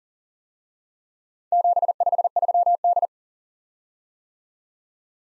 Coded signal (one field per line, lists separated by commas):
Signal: Morse code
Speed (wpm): 44 wpm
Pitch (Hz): 700 Hz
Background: none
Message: 753D